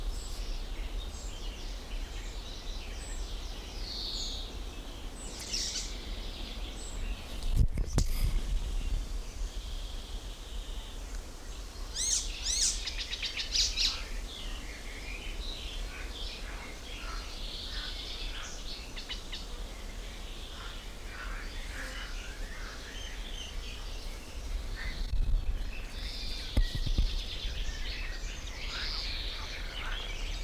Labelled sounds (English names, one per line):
Common Chaffinch